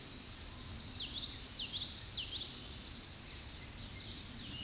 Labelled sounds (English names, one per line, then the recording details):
Common Yellowthroat song
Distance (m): 30 m
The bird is about 10 m above the microphone
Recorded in a Pennsylvania forest on 16 May 2024 at 08:04
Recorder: AudioMoth, point MSD-2304
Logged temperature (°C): 16.0 °C
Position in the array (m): 228 m, 181 m